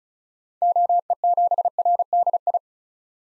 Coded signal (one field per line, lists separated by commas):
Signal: Morse code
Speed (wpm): 36 wpm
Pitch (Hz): 700 Hz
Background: none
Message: OE7RDI